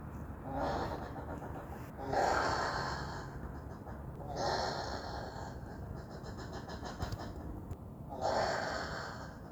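Common brushtail possum giving harsh, breathy hissing snorts, four bursts, each rasping roughly a second.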